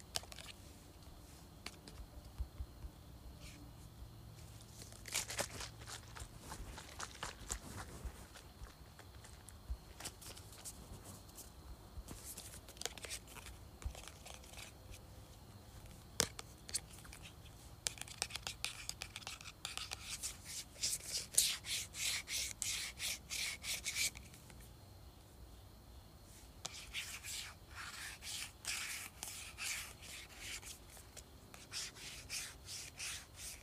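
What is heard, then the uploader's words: A spray bottle is handled and sprayed. Scattered clicks and rattles fill the first half, with a brief hiss near five seconds, then two longer stretches of rapid, bright, pulsing spray bursts run from about twenty to twenty-four seconds and again from twenty-seven onward. ASMR Shaking and Spraying Spray Bottle.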